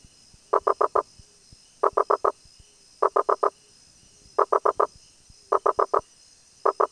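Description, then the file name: Rosenberg's gladiator frog repeating clusters of four quick tonal knocks about every 1.2 seconds, with a faint lower note between clusters and a steady high hum. "Boana rosenbergi"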